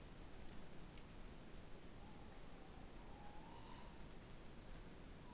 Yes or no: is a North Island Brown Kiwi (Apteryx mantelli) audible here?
no